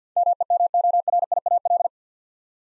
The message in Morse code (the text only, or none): MEMORIAL